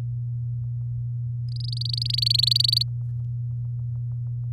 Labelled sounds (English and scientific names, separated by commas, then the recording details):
Domestic Canary (Serinus canaria) song
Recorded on 7 May 2018 at 07:39
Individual llb16